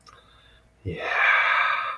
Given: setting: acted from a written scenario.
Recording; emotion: vocal sound without words; serenity